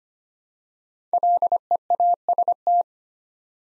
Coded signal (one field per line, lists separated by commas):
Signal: Morse code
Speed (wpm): 25 wpm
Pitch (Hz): 700 Hz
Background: none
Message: LEAST